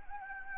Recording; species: mosquito wingbeat signal from an infrared sensor; Anopheles gambiae